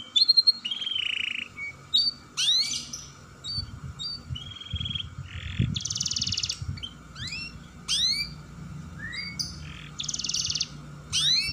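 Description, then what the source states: Canary song of downswept chips, slurred whistles and short dense trills, delivered in scattered bursts over a steady low hum. Singing described as long rolling trills, locally called 'dor roll panjang'.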